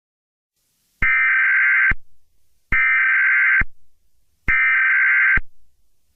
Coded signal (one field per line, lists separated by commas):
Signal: Emergency Alert System (SAME) tones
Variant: header bursts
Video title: An EAS scenario USA vs Egypt